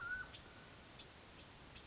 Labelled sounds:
Mountain Quail
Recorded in Sonoma County, California

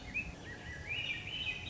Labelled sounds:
Swainson's Thrush
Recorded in Sonoma County, California

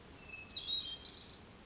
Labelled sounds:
Hermit Thrush
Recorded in Sonoma County, California

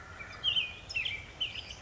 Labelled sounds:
Western Flycatcher
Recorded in Sonoma County, California

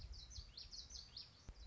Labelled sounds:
Common Yellowthroat
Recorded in Sonoma County, California

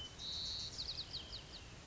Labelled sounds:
White-crowned Sparrow
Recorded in Sonoma County, California

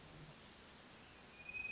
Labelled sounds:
Hermit Thrush
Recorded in Sonoma County, California

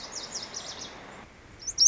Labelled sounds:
Lazuli Bunting
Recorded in Sonoma County, California

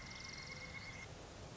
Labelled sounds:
Pileated Woodpecker
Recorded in Sonoma County, California

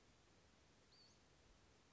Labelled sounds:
Western Flycatcher
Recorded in Sonoma County, California

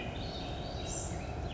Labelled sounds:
Blue-gray Gnatcatcher
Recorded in Sonoma County, California

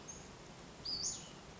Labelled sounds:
Western Flycatcher
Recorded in Sonoma County, California

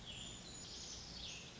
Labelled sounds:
Cassin's Vireo
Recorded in Sonoma County, California

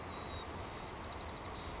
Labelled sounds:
White-crowned Sparrow
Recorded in Sonoma County, California

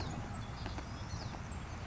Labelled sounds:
Savannah Sparrow
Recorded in Sonoma County, California

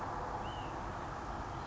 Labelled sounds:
White-breasted Nuthatch
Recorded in Sonoma County, California

